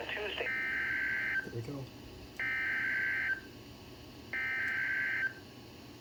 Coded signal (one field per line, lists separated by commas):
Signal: Emergency Alert System (SAME) tones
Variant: header bursts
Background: speech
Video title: NOAA Weather Radio | Tornado Warning (TOR) 01/10/20 5:18PM CST